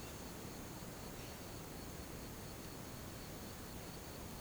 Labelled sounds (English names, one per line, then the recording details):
none
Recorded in pastures near Puerto Asís, Putumayo, Colombia, on 13 March 2025 at 11:00
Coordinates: 0.486, -76.323
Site G075